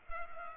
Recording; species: mosquito wingbeat signal from an infrared sensor; Culex pipiens